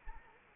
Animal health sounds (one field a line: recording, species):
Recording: mosquito wingbeat signal from an infrared sensor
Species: Anopheles arabiensis